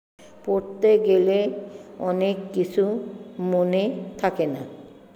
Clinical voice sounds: elicited speech; Bengali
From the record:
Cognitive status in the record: dementia

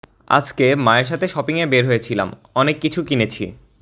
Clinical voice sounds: elicited speech; Bengali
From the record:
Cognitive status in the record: cognitively healthy

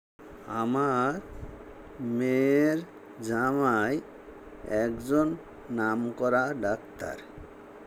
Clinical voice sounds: elicited speech; Bengali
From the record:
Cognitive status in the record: dementia

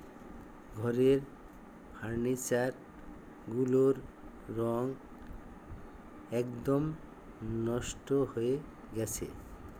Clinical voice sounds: elicited speech; Bengali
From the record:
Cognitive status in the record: dementia

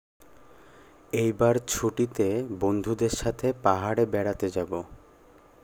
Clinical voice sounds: elicited speech; Bengali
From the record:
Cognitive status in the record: cognitively healthy

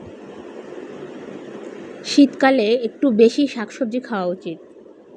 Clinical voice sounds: elicited speech; Bengali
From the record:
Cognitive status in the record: cognitively healthy

